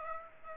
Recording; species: mosquito wingbeat signal from an infrared sensor; Aedes aegypti